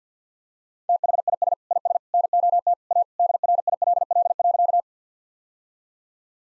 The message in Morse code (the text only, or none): THIS IS NOT A DRILL.